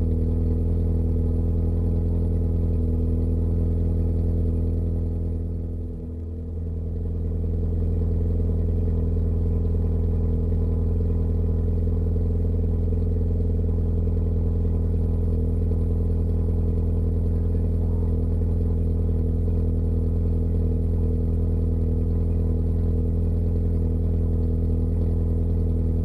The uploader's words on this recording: Car starting up and idling. Car Idle.